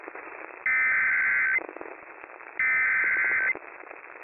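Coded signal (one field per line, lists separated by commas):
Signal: Emergency Alert System (SAME) tones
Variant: header bursts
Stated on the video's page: Real tornado and severe weather alerts for Middle Tennessee, including a Tornado Emergency, during a live outbreak.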